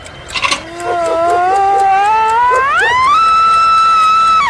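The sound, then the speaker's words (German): An electric alarm clock, plugged back in with its alarm lever switched back on, screeches: after a brief rattling burst, a loud, shrill continuous whine rises in pitch in stages and holds steady, with no talking. “Dieser elektrische Wecker schreit, anstatt zu schnarren.”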